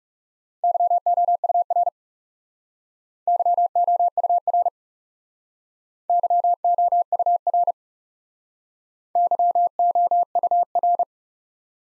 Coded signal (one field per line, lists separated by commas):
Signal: Morse code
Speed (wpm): 38 wpm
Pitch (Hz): 700 Hz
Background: none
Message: YOUR YOUR YOUR YOUR